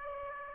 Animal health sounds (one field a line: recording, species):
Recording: mosquito wingbeat signal from an infrared sensor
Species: Aedes aegypti